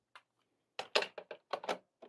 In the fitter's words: you GNA hear that clicking sound